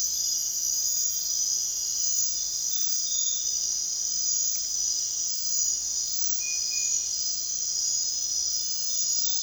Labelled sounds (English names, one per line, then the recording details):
none
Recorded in dense forest near Puerto Asís, Putumayo, Colombia, on 22 June 2025 at 23:30
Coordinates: 0.468, -76.322
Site GP03